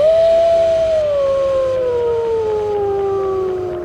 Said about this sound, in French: Les voix alternaient, montant et descendant en une polyphonie sauvage et pourtant musicale. Notre nature a perdu une de ses plus grandes voix, des plus émouvantes, avec le chant des loups dans l'air glacé.